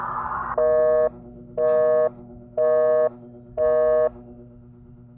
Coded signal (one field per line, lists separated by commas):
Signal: telephone call progress tone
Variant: North America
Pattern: busy tone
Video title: eas scenario catemojibabyheat part 180 new year 2021